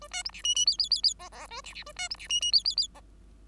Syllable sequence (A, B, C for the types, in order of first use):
A B C D E E F F F F G G A D D A B C D E E F F F G